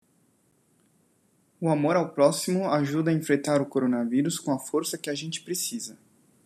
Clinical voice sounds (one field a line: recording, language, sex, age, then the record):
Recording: spoken sentence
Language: Brazilian Portuguese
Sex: male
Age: 30 to 39 years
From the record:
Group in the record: control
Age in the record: 34 years